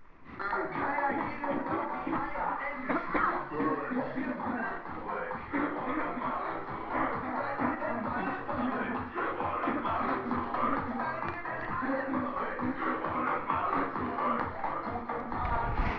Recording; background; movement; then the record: throat clearing; music; walking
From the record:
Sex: female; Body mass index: 36.4 kg/m2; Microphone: on the chest, facing the body